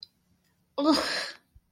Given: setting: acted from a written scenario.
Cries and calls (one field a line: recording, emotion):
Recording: vocal sound without words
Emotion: disgust